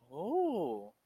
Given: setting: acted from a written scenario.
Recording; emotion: vocal sound without words; realization